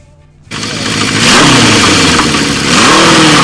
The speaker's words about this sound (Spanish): Lo agarramos desprevenido y nos trajo motosierra nuevamente hasta los estudios de FM de la azotea.